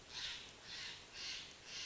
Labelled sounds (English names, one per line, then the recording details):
Steller's Jay
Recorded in Sonoma County, California